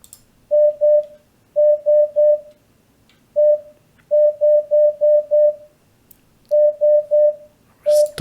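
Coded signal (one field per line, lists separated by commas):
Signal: tap code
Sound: short synthetic beeps in groups of 2, 3, 1, 5, 3 with longer pauses between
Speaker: you can see here in the audio playback that we have different pauses. So, we have short pause inside a letter. So, this is 1 and then 1 2 3 4 5 1 5.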